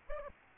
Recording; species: mosquito wingbeat signal from an infrared sensor; Aedes albopictus